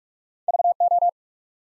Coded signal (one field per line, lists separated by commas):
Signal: Morse code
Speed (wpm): 44 wpm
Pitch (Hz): 700 Hz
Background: none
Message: V O